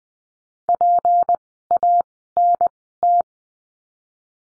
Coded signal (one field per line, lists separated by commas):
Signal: Morse code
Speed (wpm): 20 wpm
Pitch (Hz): 700 Hz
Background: none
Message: PANT